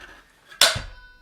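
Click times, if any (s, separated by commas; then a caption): 0.6 s. The metal folding latch on the stem of a 2021 GOTRAX GLX v2 electric scooter is pressed down and up until it snaps into its locking hook on the deck. A single sharp metallic click rings out at 0.6 s with a short bright ring and a low thud just after, then quiet. The latch is locked home.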